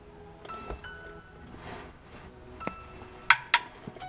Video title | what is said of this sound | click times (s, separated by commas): How to CORRECTLY change your oil in a Toyota Tacoma!!!!! | and with the torque wrench you want to tighten it until you hear it click | 3.3 s, 3.5 s